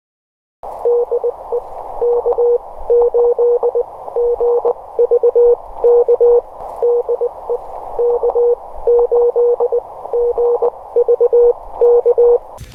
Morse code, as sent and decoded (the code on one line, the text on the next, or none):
-.. . / -.- ---.. --. ...- -.- / -.. . / -.- ---.. --. ...- -.-
DE K8GVK DE K8GVK